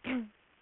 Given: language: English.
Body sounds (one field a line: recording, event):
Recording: throat vibration sensor signal played as sound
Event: throat clearing